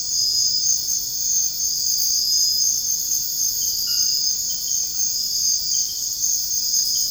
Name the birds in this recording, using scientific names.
none